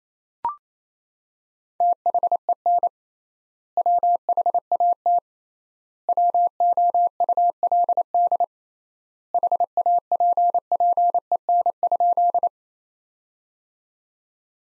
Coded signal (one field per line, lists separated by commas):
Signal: Morse code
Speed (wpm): 28 wpm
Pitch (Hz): 700 Hz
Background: none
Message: THEN WHAT WOULD HAPPEN?